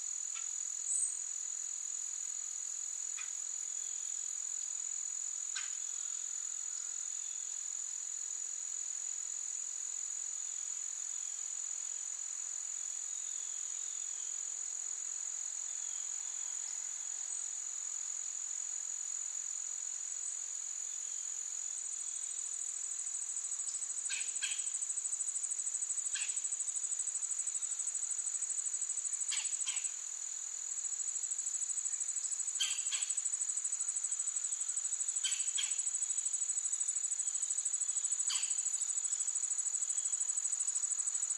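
Forest ambience dominated by a steady, high, piercing insect trill that never lets up. Short bright chirps or ticks pop through every few seconds, becoming more frequent and a little louder in the second half. Nothing low or rumbling underneath.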